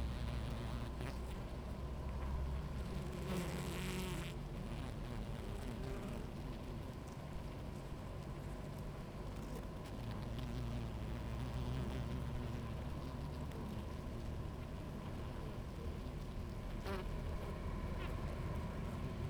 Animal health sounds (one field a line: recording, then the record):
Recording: honeybee colony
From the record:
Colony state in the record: active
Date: 28 July 2017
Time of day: 17:15